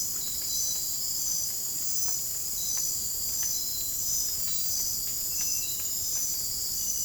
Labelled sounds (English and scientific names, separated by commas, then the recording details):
none
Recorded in dense forest near Puerto Asís, Putumayo, Colombia, on 27 June 2025 at 22:30
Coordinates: 0.503, -76.323
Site G059